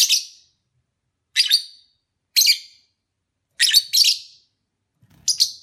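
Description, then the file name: Lovebird giving shrill, harsh chirps in short bursts, some doubled, spaced about a second apart with silent gaps between. Lovebird sounds recorded during a mating ritual. "suara ritual kawin lovebird omkicau"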